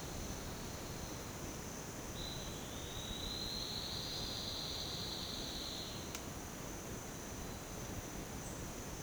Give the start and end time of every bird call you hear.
2.09s-6.21s: bird call

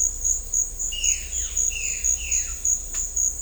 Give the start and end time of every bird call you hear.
0.90s-1.32s: bird call
1.69s-2.50s: bird call

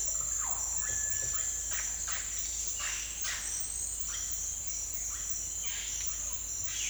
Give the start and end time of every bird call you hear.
0.13s-1.38s: bird call
1.68s-2.27s: bird call
2.73s-3.44s: bird call
4.01s-4.29s: bird call
5.02s-5.29s: bird call
5.56s-6.06s: bird call

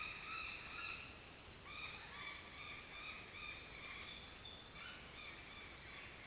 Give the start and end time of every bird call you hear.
0.00s-1.07s: bird call
1.61s-6.12s: bird call

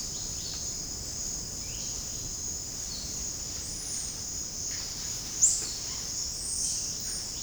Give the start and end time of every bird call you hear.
3.53s-7.43s: bird call

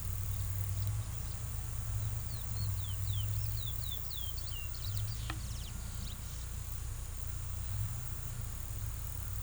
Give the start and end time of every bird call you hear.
1.92s-6.22s: bird call

